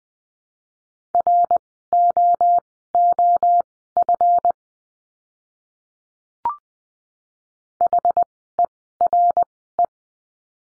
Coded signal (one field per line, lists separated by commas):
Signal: Morse code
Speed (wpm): 20 wpm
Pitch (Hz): 700 Hz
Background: none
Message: ROOF HERE